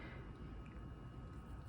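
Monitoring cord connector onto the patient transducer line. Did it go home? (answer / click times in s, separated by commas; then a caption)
no / none. The plastic connector of a monitoring cord, already plugged into the monitor, is held arrow side up and lined up with a patient's arterial-line transducer line before being pushed together. Only a steady low rumbling background with faint constant tones is heard. Nothing has seated or clicked yet.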